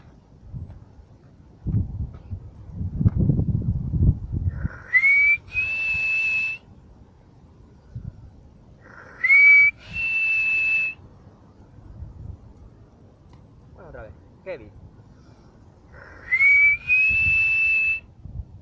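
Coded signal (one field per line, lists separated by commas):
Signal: whistled language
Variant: Silbo Gomero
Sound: three repeated two-part whistles, a short rising note then a longer higher steady note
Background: low background rumble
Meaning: The English word 'heavy' whistled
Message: heavy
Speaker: heavy digamos que es del inglés [Música] heavy ahora silbando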